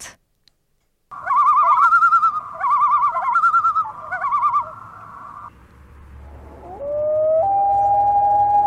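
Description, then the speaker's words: Common Loon tremolo: a wavering, quavering laugh held near one pitch in three bursts, then a clear rising wail that levels into a long, pure sustained note. A very shrill, piercing cry; in Abitibi-Témiscamingue, Québec, it is heard on lakes in the morning in light drizzle. "Alors, ce que vous entendez, c'est le cri du huard."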